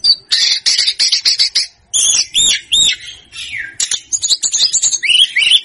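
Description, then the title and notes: Snowy-browed flycatcher song, opening with rapid dry ticking notes, a brief pause, then high squeaky whistles and more varied chattering phrases. Masteran for training cage birds; Indonesian names tledekan gunung and sikatan gunung. "Masteran Tledekan Gunung Sikatan Gunung. BURUNG TLEDEKAN"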